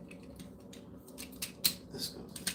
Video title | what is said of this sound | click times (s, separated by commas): Unbox And Chill Studio Series 86 Comander Optimus Prime. | this this snaps into place there | 1.7 s